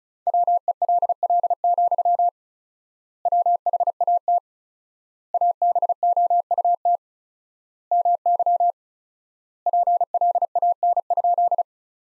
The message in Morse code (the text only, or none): WELL, WHAT ABOUT MY PLAN?